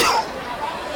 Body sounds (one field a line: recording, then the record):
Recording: coughing mixed with background sound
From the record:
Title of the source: Coughing 60